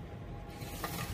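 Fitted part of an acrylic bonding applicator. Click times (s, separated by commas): 0.8 s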